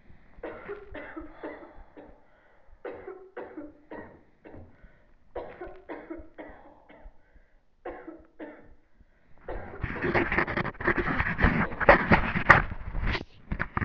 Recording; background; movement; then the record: deep breathing; a bystander coughing; sitting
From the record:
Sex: male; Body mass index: 23.7 kg/m2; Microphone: on the chest, facing the body